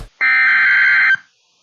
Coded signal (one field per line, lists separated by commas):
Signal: Emergency Alert System (SAME) tones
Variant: header bursts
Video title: BACK TO THE MID-ATLANTIC... EAS Alerts from 7/7/21 (EAS #429-452)